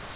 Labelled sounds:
Grace's Warbler (Setophaga graciae) flight call

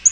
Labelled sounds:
Yellow-rumped Warbler (Setophaga coronata) flight call

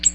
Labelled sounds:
Ovenbird (Seiurus aurocapilla) flight call

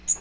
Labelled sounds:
Magnolia Warbler (Setophaga magnolia) flight call

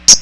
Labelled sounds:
Common Yellowthroat (Geothlypis trichas) flight call

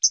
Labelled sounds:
Hooded Warbler (Setophaga citrina) flight call

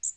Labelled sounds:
Magnolia Warbler (Setophaga magnolia) flight call

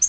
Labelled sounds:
Yellow-rumped Warbler (Setophaga coronata) flight call

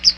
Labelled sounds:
Chestnut-sided Warbler (Setophaga pensylvanica) flight call

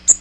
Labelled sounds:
Magnolia Warbler (Setophaga magnolia) flight call

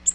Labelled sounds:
Nashville Warbler (Leiothlypis ruficapilla) flight call

